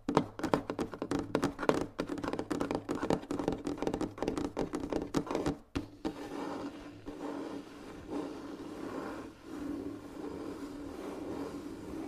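Gentle finger tapping on objects, quick and dense for the first six seconds, with many soft thunky taps per second over a low steady hum. After that the taps blur into a softer, smoother, continuous patter that stays fairly even to the end.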